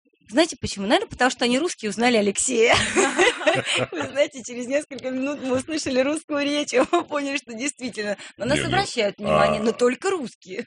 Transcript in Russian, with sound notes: «Знаете почему? Наверное, потому что они русские, узнали Алексея». (смеется) Вы знаете, через несколько минут мы услышали русскую речь и мы поняли, что действительно: на нас обращаю внимание, но только русские.